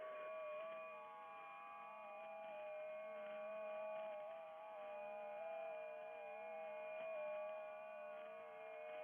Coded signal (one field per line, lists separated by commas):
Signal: FT8